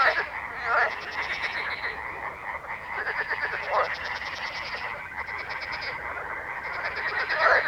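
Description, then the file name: Frog chorus of overlapping croaks and rattling pulses, steady throughout, with occasional louder buzzy trills rising above the mass. Frog ambience. "atmos frogs"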